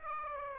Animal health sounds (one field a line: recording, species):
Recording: mosquito wingbeat signal from an infrared sensor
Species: Aedes aegypti